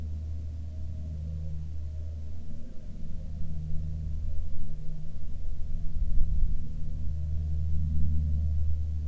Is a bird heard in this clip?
no